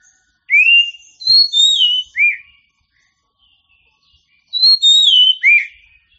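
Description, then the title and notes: Oriental magpie-robin delivering two matching phrases of loud, fluting whistles, separated by a few seconds of near silence with faint chirps. Champion bird, called 'kacer juara' in Indonesian. "Kicau Burung Kacer Juara. Suara Kicauan Burung Kacer Juara"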